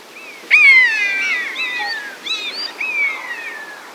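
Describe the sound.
Buzzard calling with a loud, falling, harmonic-rich mew, followed quickly by overlapping softer descending cries that trail off.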